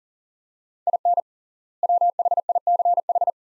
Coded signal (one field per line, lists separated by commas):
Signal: Morse code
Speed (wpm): 40 wpm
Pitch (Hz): 700 Hz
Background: none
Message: IN WHICH